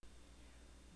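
A steady, low, rumbling sound fills the whole second, with almost all of its energy in the deep bass and only faint hiss above. This is borborygmus, the rumbling of gas and fluid moving through the intestines, a normal bowel sound heard over the abdomen.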